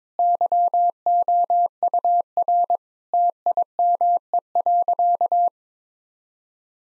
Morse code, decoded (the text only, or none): YOUR TIME.